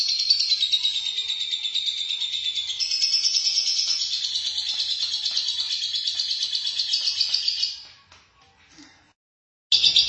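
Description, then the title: Lovebird song: a long, dense, high chattering trill with rapid pulsing, running steadily for about eight seconds, then a brief pause before the chatter resumes. "BM Suara Burung Lovebird"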